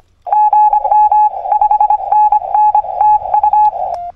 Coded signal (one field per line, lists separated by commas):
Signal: Morse code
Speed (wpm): 25 wpm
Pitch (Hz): 840 Hz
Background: radio noise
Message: GM 5NN TU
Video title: 0621'24 QRP 5W / 自立型ロングワイヤー / 編集なし / POTA WWFF Activation in Okawa Hatori Prefectural Nature Park